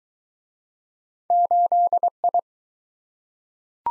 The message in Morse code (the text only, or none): 8I